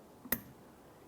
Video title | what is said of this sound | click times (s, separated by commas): How to Replace A/C Condenser 2011-2018 Volkswagen Jetta | ahead and take that we're going to put it right up into place listen for a click give | 0.3 s